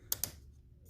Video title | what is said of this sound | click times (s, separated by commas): 2014 GMC sierra installation of cold air intake | red lever right here just pops up to hear that click clicks | 0.1 s, 0.2 s